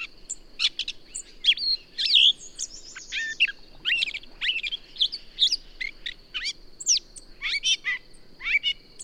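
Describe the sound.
Birdsong with busy runs of twittering chirps and rapid slurred whistles above a steady high-pitched hum.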